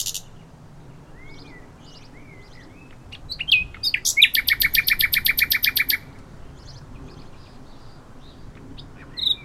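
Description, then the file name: Common nightingale song: soft scattered whistles and slurred notes, then a loud, rapid run of many identical stacked notes for about two seconds before falling quiet again. "Luscinia megarhynchos"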